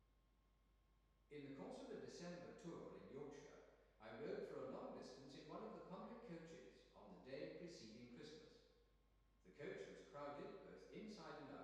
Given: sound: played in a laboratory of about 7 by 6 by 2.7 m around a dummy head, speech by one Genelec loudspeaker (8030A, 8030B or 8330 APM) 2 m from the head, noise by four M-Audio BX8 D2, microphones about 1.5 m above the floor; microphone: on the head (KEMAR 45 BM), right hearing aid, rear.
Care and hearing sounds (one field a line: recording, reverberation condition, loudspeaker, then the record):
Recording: male speech in English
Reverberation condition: high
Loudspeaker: 30 degrees to the left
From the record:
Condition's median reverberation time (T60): about 1300 ms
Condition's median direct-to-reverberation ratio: about -4.0 dB